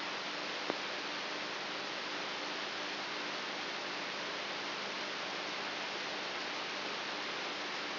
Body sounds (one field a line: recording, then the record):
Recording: brain microelectrode recording played as sound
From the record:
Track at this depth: inside the subthalamic nucleus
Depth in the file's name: 4.64 mm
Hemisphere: right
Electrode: 3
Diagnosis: Parkinson's disease